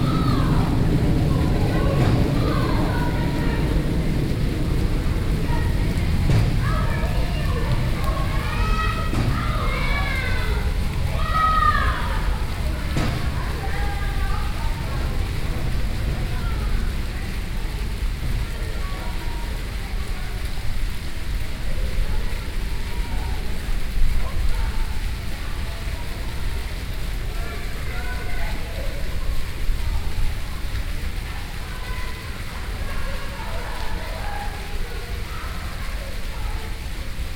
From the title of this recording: Children, Fountain and peal of Zuiderkerk's bells